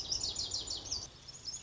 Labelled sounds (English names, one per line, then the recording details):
Lazuli Bunting
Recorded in Sonoma County, California